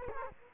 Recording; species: mosquito wingbeat signal from an infrared sensor; Culex quinquefasciatus